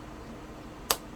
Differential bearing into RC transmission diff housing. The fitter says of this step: there we go you should hear that click of the diff bearing going in there and there it is